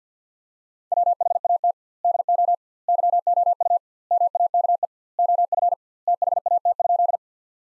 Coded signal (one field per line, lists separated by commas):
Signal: Morse code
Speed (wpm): 50 wpm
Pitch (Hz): 700 Hz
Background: none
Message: WHAT DO YOU MAKE OF THAT?